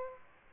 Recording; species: mosquito wingbeat signal from an infrared sensor; Aedes aegypti